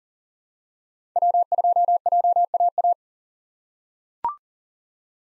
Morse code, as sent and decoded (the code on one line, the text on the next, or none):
.-- ..--- .--- .- .-
W2JAA